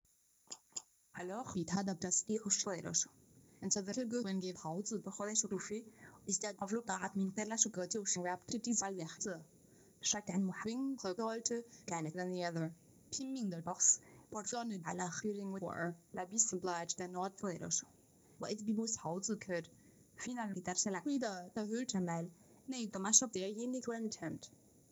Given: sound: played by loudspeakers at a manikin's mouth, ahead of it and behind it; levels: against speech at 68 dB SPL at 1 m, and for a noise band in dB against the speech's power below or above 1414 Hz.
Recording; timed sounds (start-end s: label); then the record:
test signals for a remote microphone
0.50 s: click
0.75 s: click
1.13-24.92 s: speech test signal (ISTS)
From the record:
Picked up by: remote microphone A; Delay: 47 ms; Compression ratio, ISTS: 4.90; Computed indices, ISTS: SII 0.993, HASPI 0.999, HASQI 0.497 (non-linear 0.574, linear 0.866), ESTOI 0.858